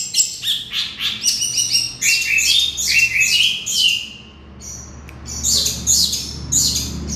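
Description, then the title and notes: Oriental magpie-robin song of quick chirps and whistled slurs, briefly dropping quieter midway, then returning with bright high notes. "Kicau Kacer. manukmanukan"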